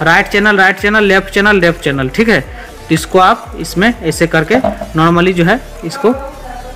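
A speaker-wire plug for the right/left channel is handled at its socket on the main unit of a Sony SA-D40 4.1 channel home theatre system, while someone talks over background music. The plug has not seated or clicked into the socket yet.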